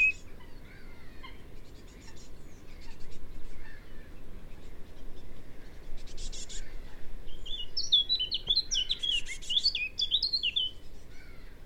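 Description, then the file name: Eurasian blackcap song: a loud, bright, tumbling warble of varied whistled notes in the last few seconds, following softer chirps and twitters in the background. "Sylvia atricapilla"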